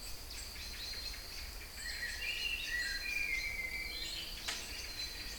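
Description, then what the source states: Songbirds singing, several overlapping whistled warbles and high chirps, with one sharp click-like note toward the end. Kouri Forest, Thessaloniki, Greece; recorded 22 05 12 at 18:35.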